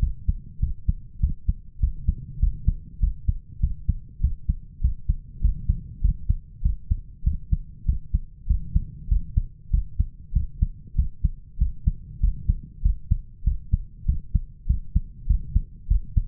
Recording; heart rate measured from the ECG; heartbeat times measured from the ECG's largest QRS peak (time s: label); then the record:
heart sounds by stethoscope; 98 bpm
0.02 s: heartbeat
0.62 s: heartbeat
1.22 s: heartbeat
1.82 s: heartbeat
2.42 s: heartbeat
3.02 s: heartbeat
3.62 s: heartbeat
4.23 s: heartbeat
4.83 s: heartbeat
5.43 s: heartbeat
6.03 s: heartbeat
6.64 s: heartbeat
7.26 s: heartbeat
7.88 s: heartbeat
8.49 s: heartbeat
9.10 s: heartbeat
9.73 s: heartbeat
10.35 s: heartbeat
10.97 s: heartbeat
11.60 s: heartbeat
12.22 s: heartbeat
12.84 s: heartbeat
13.46 s: heartbeat
14.08 s: heartbeat
14.69 s: heartbeat
15.29 s: heartbeat
15.90 s: heartbeat
From the record:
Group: healthy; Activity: cold pressor test 0-14 s, rest 14-16 s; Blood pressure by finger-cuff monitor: 137/90 mmHg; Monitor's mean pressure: 106 mmHg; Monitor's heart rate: 99 bpm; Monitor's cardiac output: 7.6 L/min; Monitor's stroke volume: 77 mL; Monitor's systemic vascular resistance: 1080 dyn s/cm5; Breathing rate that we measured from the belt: 18 breaths a minute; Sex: male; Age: 21 years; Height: 175 cm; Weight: 72.6 kg